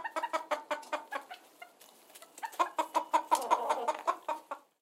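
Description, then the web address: Chickens clucking with rapid, rhythmic repeated clucks, briefly quieter midway, then building again. Chickens recorded in a hen house. "Blastwave. Hen House Ambience"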